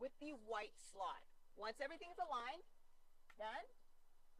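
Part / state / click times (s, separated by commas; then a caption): second-row seat latch hooks into floor anchor slots / not seated / none. The left second-row seat of a Kia Carnival minivan is being put back in, with its white latch hooks lined up with the white slots in the floor anchors while someone talks. The seat has not latched or clicked into the floor yet.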